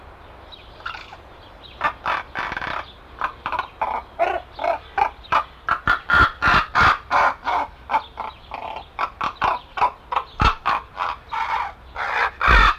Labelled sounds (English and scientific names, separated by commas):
Common Raven (Corvus corax) call